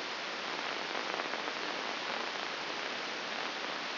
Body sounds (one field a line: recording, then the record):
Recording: brain microelectrode recording played as sound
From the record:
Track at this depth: outside the subthalamic nucleus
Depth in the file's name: 7.46 mm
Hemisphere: left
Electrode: 2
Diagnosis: Parkinson's disease